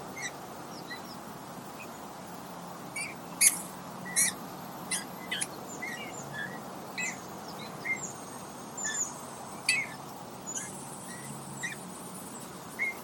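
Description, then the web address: Birds twittering: scattered short high chirps and sharp tweets, irregular and often under a second apart, over a steady low hum of background noise. "linnut livertely"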